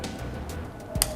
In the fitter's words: ada bunyinya ada bunyi kliknya dan ya Ini dia sudah terpasang yang